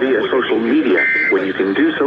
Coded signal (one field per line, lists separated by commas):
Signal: Emergency Alert System (SAME) tones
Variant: end-of-message bursts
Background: speech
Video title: EAS/NWR Alert or message #1113-1116: Tornado Warning #12